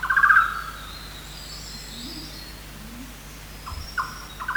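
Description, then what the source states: Golden-naped barbet ending a fast pulsed trill at the start, then short notes beginning another phrase near the end, with a low hum throughout. Recorded 1 March 2008.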